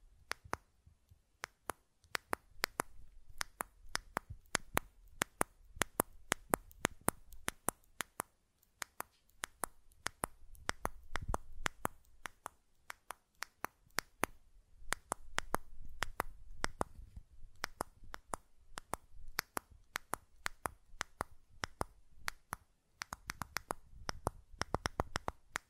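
Buttons click and tap in quick, sharp bursts, irregular but nearly constant across the whole clip, sometimes in rapid clusters and sometimes spaced apart. Each click is crisp and bright. A low rumbling murmur rises and falls underneath, growing stronger in stretches.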